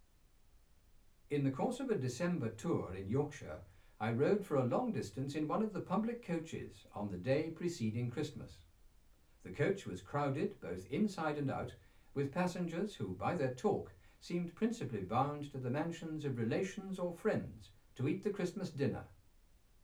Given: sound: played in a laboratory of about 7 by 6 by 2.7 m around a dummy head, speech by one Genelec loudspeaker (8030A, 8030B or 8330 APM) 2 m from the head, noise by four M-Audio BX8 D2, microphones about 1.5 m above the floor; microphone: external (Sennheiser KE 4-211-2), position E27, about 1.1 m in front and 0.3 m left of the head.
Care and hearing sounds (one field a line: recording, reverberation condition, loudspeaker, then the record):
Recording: male speech in English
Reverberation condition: low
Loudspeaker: 150 degrees to the left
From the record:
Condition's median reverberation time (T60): about 310 ms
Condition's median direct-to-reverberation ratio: about 3.5 dB